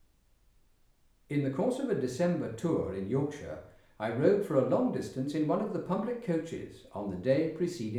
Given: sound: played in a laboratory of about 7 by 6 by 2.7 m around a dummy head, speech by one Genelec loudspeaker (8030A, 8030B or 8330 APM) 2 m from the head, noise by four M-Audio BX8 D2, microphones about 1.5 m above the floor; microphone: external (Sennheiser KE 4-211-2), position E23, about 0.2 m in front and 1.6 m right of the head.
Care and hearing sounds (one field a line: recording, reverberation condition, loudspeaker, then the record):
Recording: male speech in English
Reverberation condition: medium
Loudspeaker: 120 degrees to the right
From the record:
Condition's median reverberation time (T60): about 510 ms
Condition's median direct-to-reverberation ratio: about -0.5 dB